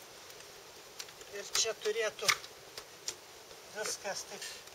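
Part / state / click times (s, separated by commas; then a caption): fold lock on a stroller frame / not seated / none. Someone talks while handling the fold lock on a stroller frame as the frame is being folded, with brief light ticks at about 1.0, 2.8 and 3.1 seconds over a low background hiss. The fold latch has not hooked in yet; nothing has seated or clicked yet.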